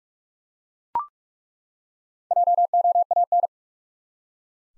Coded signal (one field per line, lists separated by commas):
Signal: Morse code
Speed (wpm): 41 wpm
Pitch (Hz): 700 Hz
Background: none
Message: JOAN